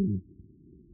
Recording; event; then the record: neck accelerometer signal played as sound; no cough (speech, laughter, throat clearing or background)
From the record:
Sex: female